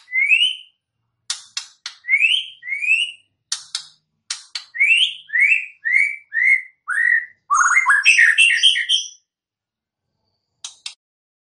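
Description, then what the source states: White-rumped shama song: a sequence of rising and falling whistles interspersed with clicks, ending in a dense, tumbling warble before silence. Recording used as a lure for trapping birds (pikat); voice described as strong.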